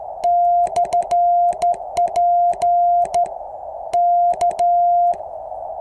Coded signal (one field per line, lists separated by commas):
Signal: Morse code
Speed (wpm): 14 wpm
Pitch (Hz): 700 Hz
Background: none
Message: /P K